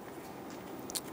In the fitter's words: and pops into place